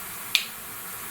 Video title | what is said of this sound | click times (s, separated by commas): Remount Casts & Remounting Complete Dentures | you see how it clicks in if it's not clicking in you can always use your knife | 0.3 s